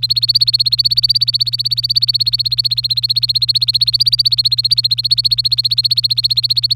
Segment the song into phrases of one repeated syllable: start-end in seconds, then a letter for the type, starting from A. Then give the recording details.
0.00-6.74 A. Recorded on 24 April 2018 at 18:11. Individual llb3